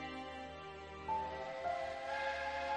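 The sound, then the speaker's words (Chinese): A steam train whistle sounds in a sustained, harmonic blast from a steam train crossing open wilderness toward the Central Plains, rising in pitch and intensity after about a second and holding loud over a hissing, rumbling low background. No one speaks. “荒野上，蒸汽列车孤独地朝着中原驶去。”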